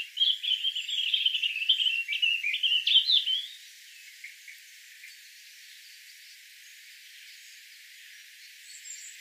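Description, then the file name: European robin singing a fast, warbling run of thin, wavering phrases for a few seconds, then falling quiet with only faint traces afterward. "Erithacus rubecula"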